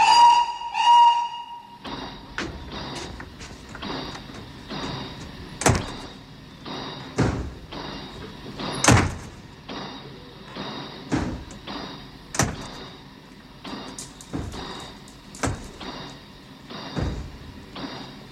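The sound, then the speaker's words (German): A shrill, steady train departure whistle sounds for a couple of seconds as the train is about to leave, then heavy carriage doors bang shut one after another at irregular intervals over a low rumbling station hum. “Und nun beeil dich, Junge, der Zug geht gleich.”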